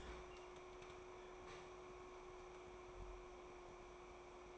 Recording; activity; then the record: daily activity, microphone in the room; open fridge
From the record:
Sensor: 1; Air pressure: 1004.6 hPa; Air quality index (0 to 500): 193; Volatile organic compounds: 16 ppm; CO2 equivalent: 2562 ppm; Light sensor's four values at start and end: 5/11/4/4 and 5/11/4/4